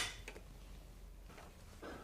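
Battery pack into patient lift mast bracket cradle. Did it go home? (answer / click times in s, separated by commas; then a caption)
yes / 0.3 s. A fresh battery pack is slid along the mast bracket of an Invacare Reliant 600 heavy duty power patient lift into its cradle, then pushed away until it clicks into place. A sharp double click at about 0.3 s and 0.4 s stands out over a low steady hum. The battery pack seats in the cradle.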